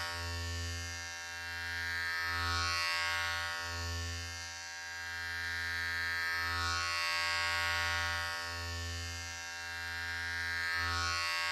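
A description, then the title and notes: Electric hair clippers buzz steadily through the whole stretch, a low motor hum with a thin ringing whine above it. The pitch and loudness swell and dip in slow waves every few seconds as the clipper moves, with brief low dropouts of the hum around 1, 3.5 and 6.5 seconds. Salon Haircut Head Massage, Scissors and Clipper.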